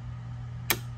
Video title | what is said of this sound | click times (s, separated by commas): Leviton Panel - Reset Breaker AFCI/GFCI - How To | there's a click you see the red light went out and continue to press it harder till it's all the way on | 0.7 s